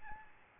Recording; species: mosquito wingbeat signal from an infrared sensor; Aedes albopictus